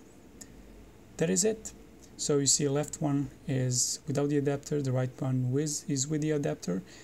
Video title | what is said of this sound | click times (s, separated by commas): Prescription Lens Adapter for Windows Mixed Reality headsets | slides down then you have to rotate it to the left until it locks into place there | 0.4 s